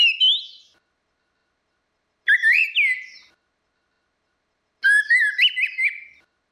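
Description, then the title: Orange-headed thrush song: three separate clear whistled phrases, the last with rising and warbling notes, spaced a few seconds apart, with silence between and no other sounds. "Burung Anis Merah"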